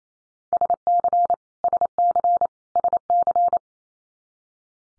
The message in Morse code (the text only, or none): SC SC SC